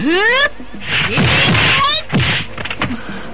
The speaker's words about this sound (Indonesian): Tidak mungkin pukulanku meleset. Tidak mungkin.